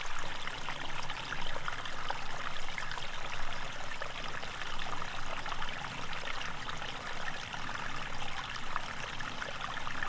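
A small stream trickles steadily, a dense, even babble of bright splashing with tiny droplet clicks scattered throughout. The flow barely changes over the ten seconds, with a soft low rumble underneath and otherwise quiet woodland surroundings.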